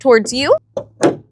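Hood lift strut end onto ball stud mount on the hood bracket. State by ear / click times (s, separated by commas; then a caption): seated / 1.0 s. Someone talks, then the socket end of a gas hood lift strut on a new Ford Bronco is pulled toward the installer and pushed onto the ball stud mount on the hood bracket. After a short knock near 0.8 s, it pops into place at 1.0 s, and the strut end is seated.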